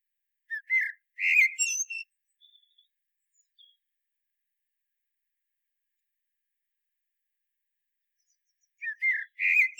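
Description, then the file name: Common blackbird song: a short fluted whistled phrase, a few faint thin notes, then a long silence before another mellow phrase begins. "Turdus merula"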